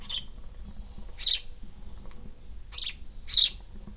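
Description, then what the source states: Swallow calls: four scratchy, high chirps, the last two close together, with a faint low hum beneath. Nest in an air vent.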